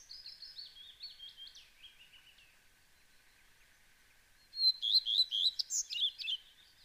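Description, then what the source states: Common Redstart song with a series of descending whistled notes, then after a pause a louder scratchy, buzzy flourish of quick notes. Male song, a sweet, melancholy series of two phrases, clear whistles then squeaky, hard, buzzing notes; sung several phrases per minute or continuously.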